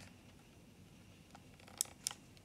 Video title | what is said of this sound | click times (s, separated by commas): Quality Vlogging 4K Digital Camera with Flip Screen | and you'll hear the click | 1.8 s, 2.1 s